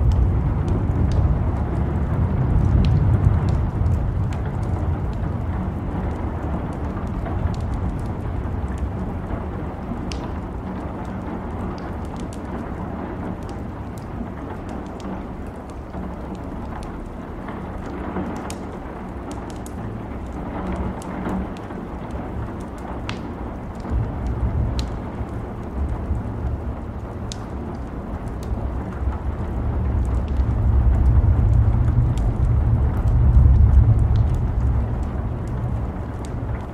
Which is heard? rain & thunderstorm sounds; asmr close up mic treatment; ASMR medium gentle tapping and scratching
rain & thunderstorm sounds